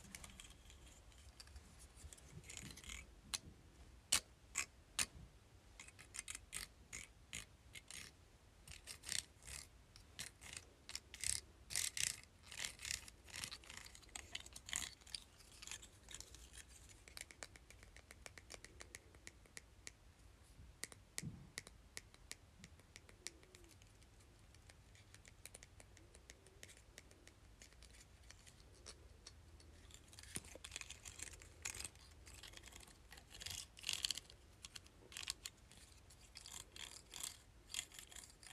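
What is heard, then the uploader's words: Hair clips are handled, snapping and clicking in quick, irregular bursts. Sharp bright clicks come thickest in the first fifteen seconds and again around thirty to thirty-six seconds, with quieter scattered ticks and soft rustling between them over a faint low rumble. ASMR: Hair Clips.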